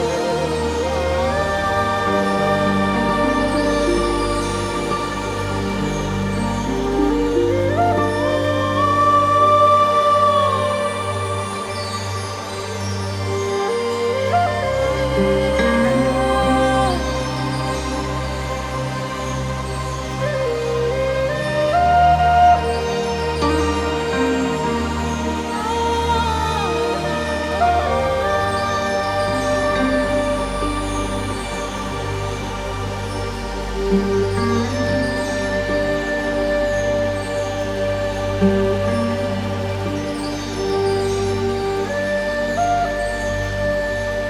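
Meditation music with relaxing nature sounds, built on long sustained tones and a deep low drone that swells and drops out around 14 and 28 seconds. Gentle gliding melodic lines rise and fall above, with soft high shimmering notes; the level stays even throughout.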